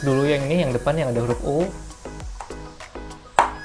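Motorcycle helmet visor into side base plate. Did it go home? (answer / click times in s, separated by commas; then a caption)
yes / 3.4 s. The front U-shaped hook of the plastic visor on an Arai SZ-Ram 4 half-face motorcycle helmet is hooked into the side base plate mechanism and pressed in. Someone talks at the start, then a few faint taps follow. A sharp click at 3.4 s marks the visor hook seating into the base plate.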